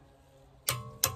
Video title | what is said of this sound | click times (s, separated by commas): Van aménagé et pneus hiver... | on a entendu le petit clic | 0.7 s, 1.0 s